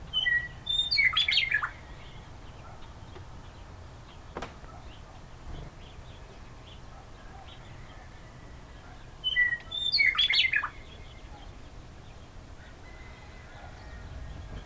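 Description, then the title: Bird song with two brief twittering phrases of high chirps about nine seconds apart, separated by quiet stretches with a low background hum. "neoscenes: birds"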